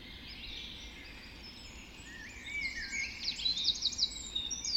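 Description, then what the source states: Dawn chorus: birds trade varied phrases, building to a run of rapid, sharp repeated notes near the end, over a faint steady hiss. Dawn chorus recorded just after dawn in the Forest of Dean.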